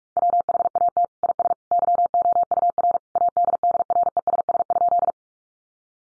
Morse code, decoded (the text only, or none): WHAT IS YOUR ADDRESS?